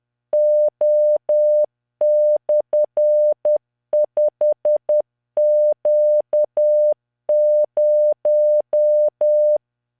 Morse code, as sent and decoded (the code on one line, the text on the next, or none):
--- -..-. ..... --.- -----
O/5Q0